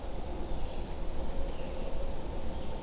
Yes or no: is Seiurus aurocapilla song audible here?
no